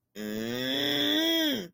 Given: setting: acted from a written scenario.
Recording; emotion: vocal sound without words; anger